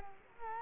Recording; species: mosquito wingbeat signal from an infrared sensor; Culex quinquefasciatus